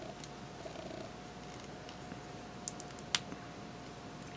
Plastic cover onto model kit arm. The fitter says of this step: everything snaps into place.